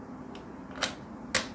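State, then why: Seated. A threaded metal bobbin case is pushed into the hook area of a sewing machine. A softer knock sounds at about 0.8 s, then a sharp click at 1.4 s as the case seats home. The bobbin case is seated.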